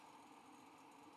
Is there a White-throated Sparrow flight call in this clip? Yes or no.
no